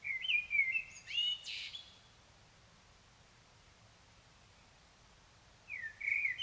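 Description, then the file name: Common blackbird giving a high, squeaky twittering phrase, then a pause of several seconds before another high twittering phrase begins. "Turdus merula"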